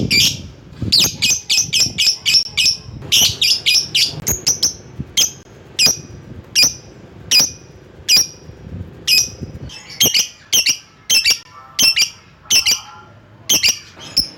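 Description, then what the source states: Lovebird calls: a fast chattering series of shrill chirps, then single sharp evenly spaced chirps, and more chatter at the end. Lovebird calling a rival.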